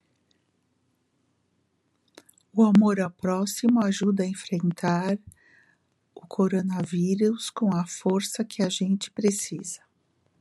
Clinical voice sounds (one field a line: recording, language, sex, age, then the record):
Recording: spoken sentence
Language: Brazilian Portuguese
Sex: female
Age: 60 to 69 years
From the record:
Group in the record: control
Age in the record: 66 years